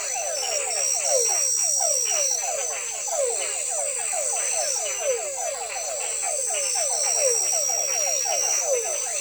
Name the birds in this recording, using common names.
none